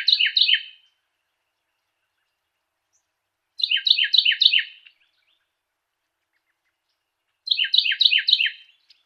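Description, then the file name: Carolina wren repeating its rolling song phrase in three short bursts roughly every four seconds, each a rapid string of loud chirping triplets. Song variation 3. "suara-kicauan-burung-carolina-wren-variasi-3-omkicau"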